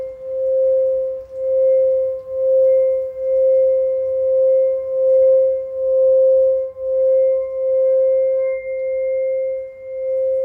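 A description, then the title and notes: A Tibetan singing bowl rings with a steady mid-pitched tone and faint higher overtones, pulsing in a slow regular wobble about once per second. Tibetan Singiing Bowl.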